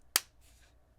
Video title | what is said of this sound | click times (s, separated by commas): Best And Worst Cases For Samsung Galaxy S23 Ultra | And it easily stows back into place with a nice little click. | 0.2 s